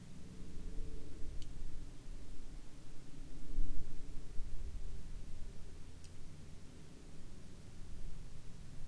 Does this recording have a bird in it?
no